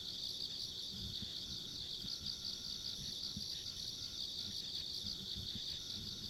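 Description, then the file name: Insects trill continuously in fast pulses, a faint high buzz above and scattered low thumps and rumble below. Ambient insect sounds recorded along a rural country road. "田舎道の虫の環境音"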